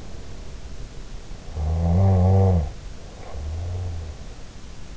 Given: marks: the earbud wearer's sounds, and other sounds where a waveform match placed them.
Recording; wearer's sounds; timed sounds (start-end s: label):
sounds in sleep by an in-ear microphone; snoring breath
1.51-4.35 s: snoring breath